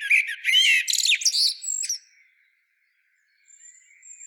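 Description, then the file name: Common blackbird singing a dense two-second twittering phrase of rapid high chirps, then near silence with a faint thin whistle toward the end. "Turdus merula"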